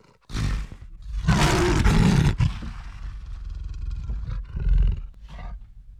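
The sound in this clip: Lion snarling and growling: deep rumbling growls with a loud harsh snarl burst in the middle, then lower grumbling and a final short growl.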